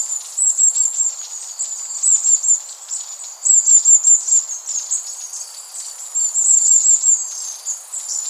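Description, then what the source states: Long-tailed tit calls: rapid, very high trilled notes in loud clusters, repeated several times throughout over a steady high hiss. Recorded 21 September 2016.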